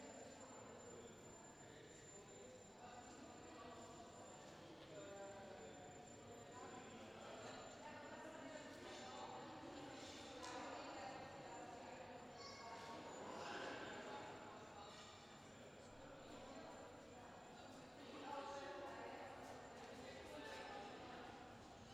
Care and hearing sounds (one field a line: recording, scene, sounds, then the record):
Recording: everyday scene through a hearing-aid microphone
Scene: reverberant space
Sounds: background noise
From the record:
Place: railway station hall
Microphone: in the ear canal, left